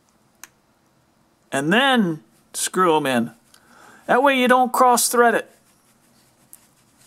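A small carburetor mixture adjusting screw is turned counterclockwise in the aluminum carburetor body until its thread drops into the start of the mating thread with a sharp click at 0.4 s, done before screwing it in to avoid cross-threading. Someone then talks, and another faint tick follows near the end.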